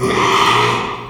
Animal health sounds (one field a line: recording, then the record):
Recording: squeal of a Yucatan mini pig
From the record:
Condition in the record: after surgery on the right vocal fold (resection and tissue-engineered implant)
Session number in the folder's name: 1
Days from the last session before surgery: 6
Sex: male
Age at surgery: 12 weeks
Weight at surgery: 13 kg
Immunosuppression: cyclosporine, prednisolone